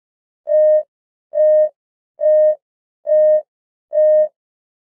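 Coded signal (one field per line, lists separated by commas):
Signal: none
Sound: warning beep sound effects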